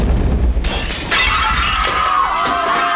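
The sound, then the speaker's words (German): A deep, loud rumbling boom of an explosion that shakes the whole street suddenly bursts into a bright crash of shattering glass, followed by a sustained spray of tinkling, ringing shards for several seconds, with no voices. “Die Explosion ließ die ganze Straße erbeben.”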